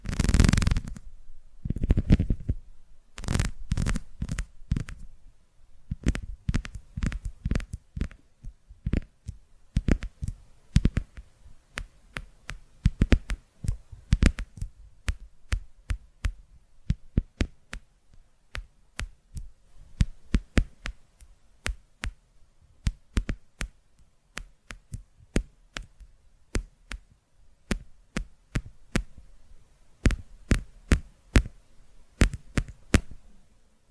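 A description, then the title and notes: Sharp tapping runs throughout, with some heavier, deeper knocks in the first dozen seconds and lighter, crisper taps later. The rhythm is irregular, coming in quick clusters separated by brief pauses, over a quiet, faintly low background. ASMR Tapping Through Your Brain Invisible + 3D Triggers (No Talking).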